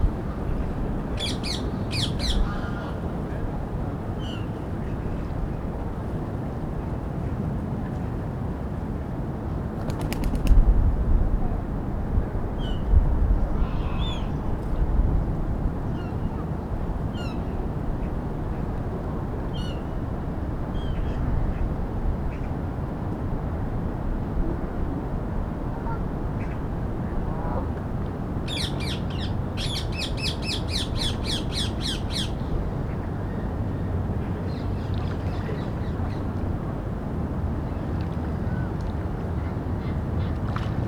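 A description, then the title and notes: Birds call around a lake in a city park on a morning, with sharp repeated chirps and squawks in bursts near 1–3 seconds, 10–20 seconds and 28–32 seconds. A steady low rumble of city traffic fills the background throughout, with a brief thump around 10 seconds. Captured in the morning in a large city centre park. Various birds are in the lake and on the grass, some fly overhead.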